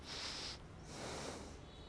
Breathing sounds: one breath in and out by a microphone near the nose and mouth; deep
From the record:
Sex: male

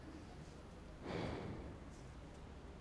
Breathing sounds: one breath in and out by a microphone near the nose and mouth; normal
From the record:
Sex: male

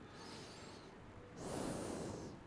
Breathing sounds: one breath in and out by a microphone near the nose and mouth; normal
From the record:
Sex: male

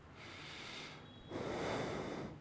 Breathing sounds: one breath in and out by a microphone near the nose and mouth; normal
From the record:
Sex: male

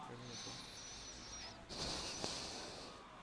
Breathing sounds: one breath in and out by a microphone near the nose and mouth; deep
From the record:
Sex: male

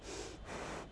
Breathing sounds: one breath in and out by a microphone near the nose and mouth; strong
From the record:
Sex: female

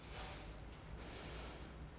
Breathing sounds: one breath in and out by a microphone near the nose and mouth; deep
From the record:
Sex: male

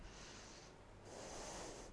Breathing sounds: one breath in and out by a microphone near the nose and mouth; deep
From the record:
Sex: female

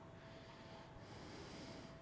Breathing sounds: one breath in and out by a microphone near the nose and mouth; normal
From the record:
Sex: male

